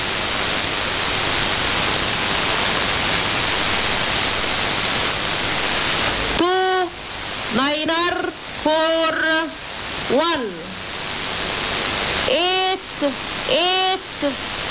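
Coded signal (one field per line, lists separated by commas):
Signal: numbers station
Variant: E25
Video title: E25 Number Station 16/08/2017 0745 UTC 6140kHz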